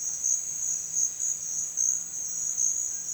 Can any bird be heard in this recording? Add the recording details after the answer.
no. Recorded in dense forest near Puerto Asís, Putumayo, Colombia, on 25 June 2025 at 10:30. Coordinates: 0.468, -76.322. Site GP03